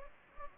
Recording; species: mosquito wingbeat signal from an infrared sensor; Anopheles gambiae